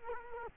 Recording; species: mosquito wingbeat signal from an infrared sensor; Culex quinquefasciatus